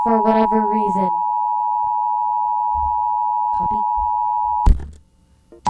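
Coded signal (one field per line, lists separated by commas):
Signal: Emergency Alert System (SAME) tones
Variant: 853 and 960 Hz attention tone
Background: speech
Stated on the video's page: Severe Thunderstorm Warning for Florida counties, aired on an FM station.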